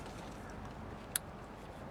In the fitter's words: Heard it click.